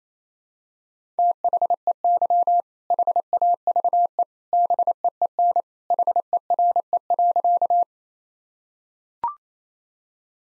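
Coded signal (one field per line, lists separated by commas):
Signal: Morse code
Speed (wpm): 28 wpm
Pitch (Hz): 700 Hz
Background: none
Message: THEY HAVE BEEN HERE.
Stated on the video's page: Morse practice at 28 wpm: sentences built from common two-word phrases for head-copy, each sent in Morse, spoken, then sent again.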